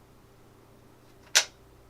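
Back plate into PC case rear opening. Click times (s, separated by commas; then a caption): 1.4 s. A metal back plate is pressed into the rear opening of a PC case and snaps into place. A single sharp click is heard at 1.4 seconds over a quiet background, and the plate is seated.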